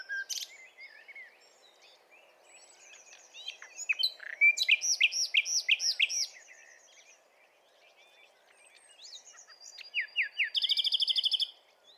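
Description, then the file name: Common nightingale song: varied phrases mixing chirps, rapid rattles and buzzy trills, with quieter twittering between the louder bursts. "Luscinia megarhynchos"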